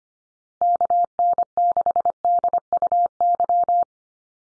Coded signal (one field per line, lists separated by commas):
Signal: Morse code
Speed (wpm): 25 wpm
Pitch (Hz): 700 Hz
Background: none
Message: KN6DUY